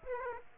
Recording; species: mosquito wingbeat signal from an infrared sensor; Aedes aegypti